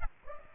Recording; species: mosquito wingbeat signal from an infrared sensor; Aedes aegypti